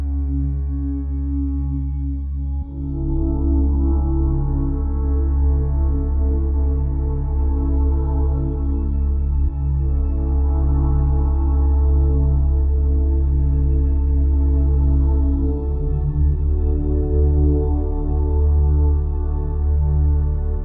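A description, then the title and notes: Binaural beats: a steady, low humming drone built from stacked pure tones, with a deep throb at the bottom and faint ringing overtones above. The sound stays even throughout, with a slight swell just before three seconds and gentle shifts around ten and fifteen seconds. 1 Hour of Binaural Audio for Unwinding. Binaural beats.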